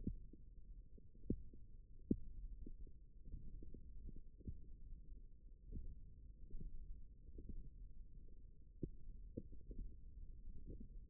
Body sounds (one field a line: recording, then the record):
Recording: forearm muscle sounds (acoustic myography)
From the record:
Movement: index flexion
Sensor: system 1, eight BSWA MPA416 microphones around the upper forearm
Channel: 4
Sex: female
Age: 22 years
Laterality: right